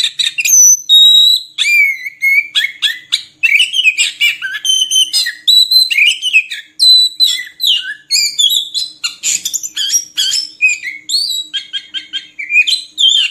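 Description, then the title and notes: Oriental magpie-robin song of clear whistled notes, falling and rising slurs and quick chattering chirps, sustained without a break. Long-duration filler song (isian) for training magpie-robins to sing frequently, day and night. "Kacer Jadi Gacor Siang Malam. Isian Kacer Durasi Panjang"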